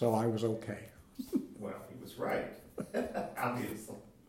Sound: laughs